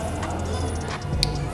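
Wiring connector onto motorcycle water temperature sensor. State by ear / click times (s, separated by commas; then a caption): seated / 1.2 s. A plastic wiring connector is pushed back onto a motorcycle's water temperature sensor and snaps into place with a sharp click at 1.2 s, over a steady low hum and faint background noise. The connector is seated, and the check-engine light then goes off.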